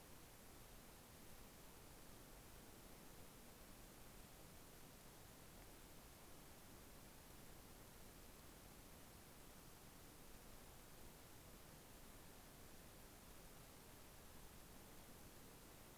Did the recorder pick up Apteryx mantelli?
no